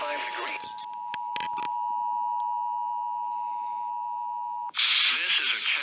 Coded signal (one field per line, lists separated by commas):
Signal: Emergency Alert System (SAME) tones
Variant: 853 and 960 Hz attention tone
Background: speech